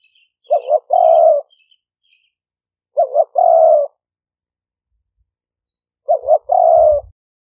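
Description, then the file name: Spotted dove cooing, a wavering note and a long coo repeated three times a few seconds apart, with faint high chirps early and a low thump near the end. "5 hậu" call type. "tieng-cu-gay-5-hau"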